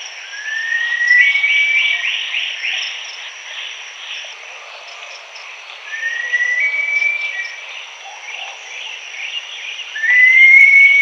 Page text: Green-Backed Kingfisher Call. Quick Sounds